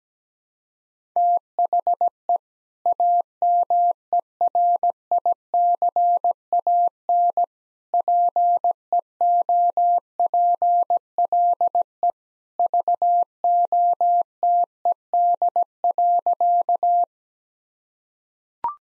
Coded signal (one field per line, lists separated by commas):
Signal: Morse code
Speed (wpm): 17 wpm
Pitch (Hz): 700 Hz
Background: none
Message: THE AMERICAN PEOPLE VOTED.